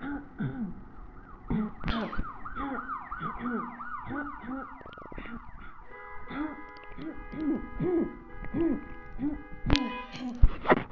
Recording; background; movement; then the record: throat clearing; traffic; sitting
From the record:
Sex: female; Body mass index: 21.8 kg/m2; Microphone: on the chest, facing the body